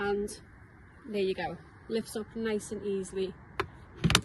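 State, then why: Seated. Someone talks while the plastic lid of a Trobolo WandaGO separating camper toilet is lifted and then lowered onto the toilet body until the catch underneath engages. A brief sharp knock is heard at 3.6 s, followed by a cluster of clicks, with the catch clicking shut at 4.2 s to show the lid is closed.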